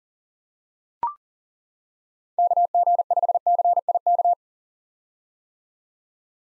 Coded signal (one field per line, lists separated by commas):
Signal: Morse code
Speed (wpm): 40 wpm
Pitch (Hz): 700 Hz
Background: none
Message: KG5CIK